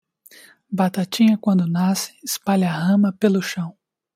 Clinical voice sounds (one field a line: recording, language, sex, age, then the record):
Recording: short text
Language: Brazilian Portuguese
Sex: male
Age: 20 to 29 years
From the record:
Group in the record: control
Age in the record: 25 years